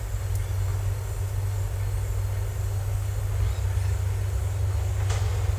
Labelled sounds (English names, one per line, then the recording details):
none
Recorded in secondary vegetation near Puerto Asís, Putumayo, Colombia, on 20 December 2024 at 17:30
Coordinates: 0.468, -76.324
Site G095